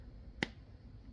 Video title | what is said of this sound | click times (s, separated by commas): Crochet Mini Wiwi Pattern by Miguelscrochet - FREE Step-by-Step Tutorial | once you hear the pop, they are ready to go. | 0.4 s